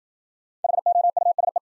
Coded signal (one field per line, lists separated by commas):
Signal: Morse code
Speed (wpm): 54 wpm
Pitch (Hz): 700 Hz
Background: none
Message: HOUSE